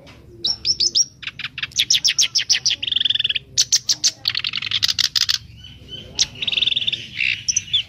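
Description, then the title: Streaked spiderhunter song of rapid clicking notes alternating with steady buzzy trills, lively and loud throughout the short stretch. Long, clear, lively 'gacor' singing, presented as a master tutor recording for training birds. "Pijantung Gunung Gacor Jernih Panjang"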